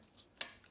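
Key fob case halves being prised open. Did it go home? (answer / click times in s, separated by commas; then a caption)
released / 0.4 s. A flat-head screwdriver is wedged into the seam of a plastic Bentley Continental key fob and twisted to pop the case apart and reach the CR2032 coin cell for a battery change. A single sharp, bright click at 0.4 s marks the case halves releasing, followed by a short fading tail and two faint ticks near 0.6 and 0.8 s. The case clicks open and the top comes off.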